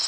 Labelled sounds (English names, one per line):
Nashville Warbler flight call